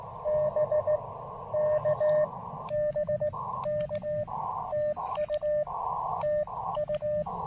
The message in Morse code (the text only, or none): BK BK TU TU